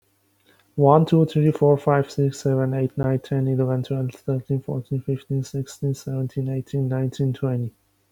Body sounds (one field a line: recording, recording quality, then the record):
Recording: counting at a fast pace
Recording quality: moderate, slight background noise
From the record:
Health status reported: healthy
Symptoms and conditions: none ticked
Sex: male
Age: 35 years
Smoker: not ticked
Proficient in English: yes